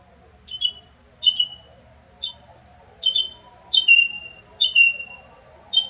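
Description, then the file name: Carolina wren giving short, sharp chirping notes that sweep downward, repeated about once a second with uneven spacing, over a faint low background hum. Recorded in Willis, Texas. "submission - willis texas - carolina wren"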